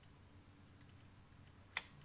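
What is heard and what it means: A wire seal retaining spring clip is pressed into its groove in a Harley Davidson motorcycle fork tube, just above the new fork seal. A few faint ticks come before a sharp, bright snap at 1.8 s. The clip snaps into the groove and is seated.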